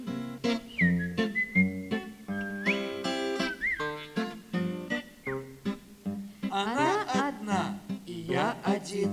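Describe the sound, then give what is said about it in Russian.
Several short whistled notes, whistled by a man to a small dog, some level and some sliding upward, come in quick bursts over a man's voice, followed by wavering vocal sounds. “Зажарю три шпикачки, подумал этот господин и свистнул собачке.”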